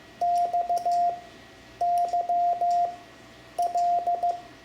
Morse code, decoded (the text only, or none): XYL